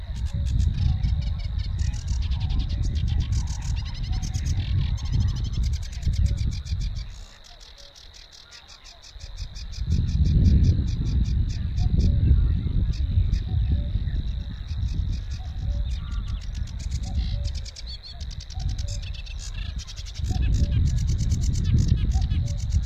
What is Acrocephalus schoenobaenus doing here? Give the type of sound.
song